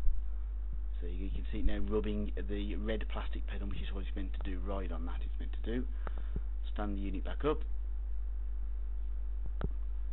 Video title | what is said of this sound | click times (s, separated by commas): Dyson DC18 Foot Pedal Plunger Repair | and it will sit and click in place. | 9.6 s